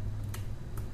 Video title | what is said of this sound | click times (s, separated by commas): Tensimeter Digital merk Omron Review | Saya bunyi klik. | 0.3 s